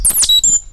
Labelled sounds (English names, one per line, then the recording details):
Stitchbird song
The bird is a male
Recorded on Tiritiri Matangi Island, New Zealand, in 2005
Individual 7, of nest box 9